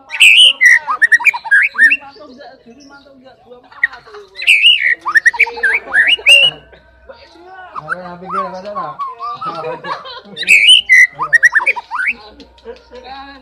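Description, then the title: Oriental magpie-robin song in three bursts of rich, varied whistled and slurred notes, separated by a lower, harmonic-rich sound in the middle. "kacer"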